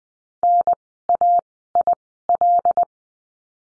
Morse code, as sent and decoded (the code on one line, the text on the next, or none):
-. .- .. .-..
NAIL